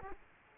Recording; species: mosquito wingbeat signal from an infrared sensor; Aedes aegypti